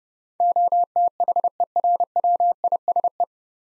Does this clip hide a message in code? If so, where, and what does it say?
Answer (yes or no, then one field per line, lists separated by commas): yes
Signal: Morse code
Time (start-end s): 0.4-3.2 s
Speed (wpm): 30 wpm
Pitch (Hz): 700 Hz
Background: none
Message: OTHERWISE